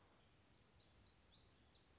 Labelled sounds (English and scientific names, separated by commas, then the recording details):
Black-throated Gray Warbler (Setophaga nigrescens)
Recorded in Sonoma County, California